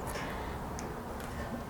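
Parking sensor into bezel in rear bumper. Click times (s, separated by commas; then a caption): 0.8 s. A parking sensor is pushed flush into its plastic bezel mounted in a steel JL Wrangler rear Vanguard bumper. Over steady low background noise, one sharp tick is heard at 0.8 seconds as the sensor snaps into place and seats.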